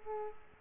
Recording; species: mosquito wingbeat signal from an infrared sensor; Aedes aegypti